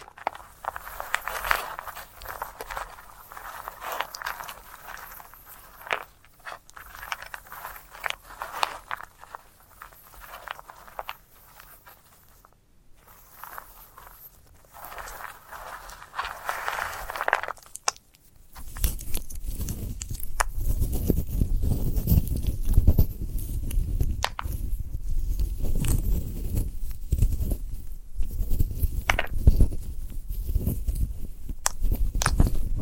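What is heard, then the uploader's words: A dried sunflower head is handled in crisp, crackling rustles and scratches for the first eighteen seconds, with a brief pause near thirteen seconds. Then the sound shifts to a louder, denser, lower rubbing and crunching that continues steadily to the end. ASMR of a Sunflower Head (No Talking).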